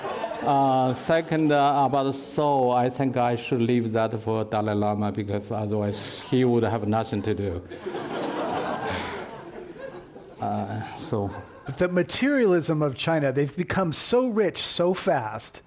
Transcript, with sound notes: Second, about soul I think I should leave that for the Dalai Lama because otherwise he would have nothing to do.
[Laughter]
The materialism of China, they’ve become so rich, so fast,